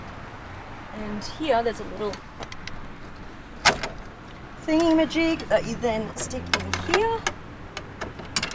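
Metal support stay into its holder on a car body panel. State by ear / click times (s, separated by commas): seated / 8.4 s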